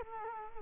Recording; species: mosquito wingbeat signal from an infrared sensor; Culex quinquefasciatus